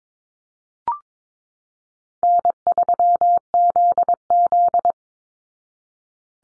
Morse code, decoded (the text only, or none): N3ZZ